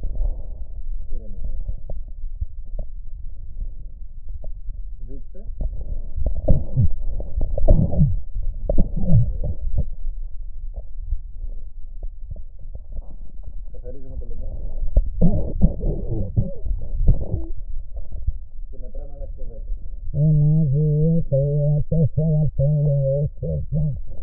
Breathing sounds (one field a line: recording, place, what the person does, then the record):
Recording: lung sounds by stethoscope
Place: right posterior basal chest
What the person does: quiet breathing, then cough and speech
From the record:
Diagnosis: COPD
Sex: female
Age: 80 years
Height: 160 cm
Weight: 62 kg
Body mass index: 24.2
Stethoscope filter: extended mode